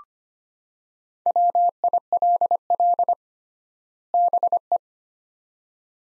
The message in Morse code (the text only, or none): WILL BE